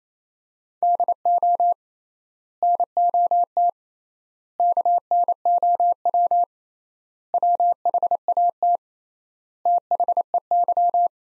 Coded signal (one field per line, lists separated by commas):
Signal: Morse code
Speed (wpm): 28 wpm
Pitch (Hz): 700 Hz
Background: none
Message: DO NOT KNOW WHAT THEY